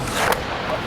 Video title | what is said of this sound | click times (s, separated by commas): How to Tilt in Your Double Hung Window for Easy Cleaning - Weather Tight Corp. | let them snap into place put the top one make sure that it's seated in the top c channel then the bottom one simply | 0.3 s